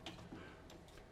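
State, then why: Not seated. A locking catch on a holder or support for a heavy air tool is being handled while working under a truck, pushed toward latching so the heavy gun won't come down on the worker. Short, light ticking sounds, including a brief sharp one near 0.1 s, sit over a steady low background. Nothing has seated or clicked yet.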